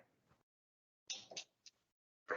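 After a fire command and a capacitor charge, latch number one on a magnetically triggered Sea-Bird SBE 55 small-boat water sampler releases, and its rubber band pops the bottle release latch up with a sharp click at 1.1 s. Faint low noise comes before the click, and further short bursts follow around 1.3–1.4 s, 1.7 s and 2.3 s. The latch is confirmed fired and released.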